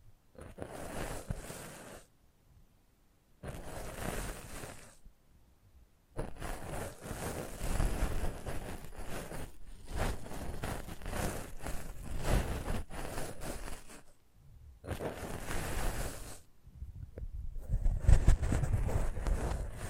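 Close-up handling of a microphone: bursts of dense rustling and rubbing with a heavy low rumble, broken by short stretches of near silence. Bursts come at about 0, 3.5, 6 to 14, 15 and 17 seconds, with scattered sharp crackles toward the end.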